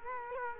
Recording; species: mosquito wingbeat signal from an infrared sensor; Culex quinquefasciatus